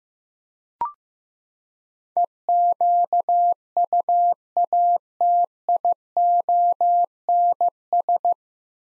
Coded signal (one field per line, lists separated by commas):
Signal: Morse code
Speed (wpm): 15 wpm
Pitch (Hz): 700 Hz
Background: none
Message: EQUATIONS